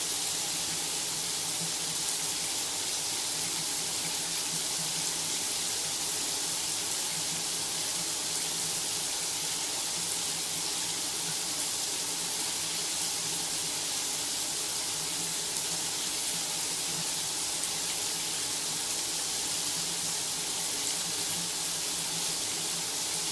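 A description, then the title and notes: A shower head runs without pause, a dense hiss of falling water that stays even from start to finish. The spray is bright, with a faint low hum and a soft midrange tone riding steadily underneath. A Hot Shower After a Long Day - White Noise ASMR. The sound of a running shower head.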